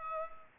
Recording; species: mosquito wingbeat signal from an infrared sensor; Culex pipiens